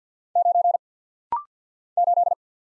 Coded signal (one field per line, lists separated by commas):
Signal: Morse code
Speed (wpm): 50 wpm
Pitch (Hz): 700 Hz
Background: none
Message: 9 8